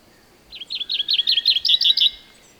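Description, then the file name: Common chaffinch song: a quick run of bright, downslurred notes repeated rapidly, clear against a quiet background. "Fringilla coelebs"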